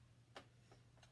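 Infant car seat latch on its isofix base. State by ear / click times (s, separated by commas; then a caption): released / 0.4 s. An infant car seat is unlatched from its ISOFIX base by squeezing the one-hand release at the back. A single sharp, tick-like click sounds at 0.4 s, followed by two fainter ticks. The seat releases from the base.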